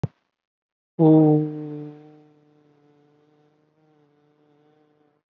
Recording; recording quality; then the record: sustained vowel as in boot; excellent, no background noise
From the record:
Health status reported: COVID-19 positive, mild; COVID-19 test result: positive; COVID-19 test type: RT-PCR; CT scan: not taken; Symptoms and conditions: none ticked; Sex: male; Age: 33 years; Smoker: no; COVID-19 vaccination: one dose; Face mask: not worn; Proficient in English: yes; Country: India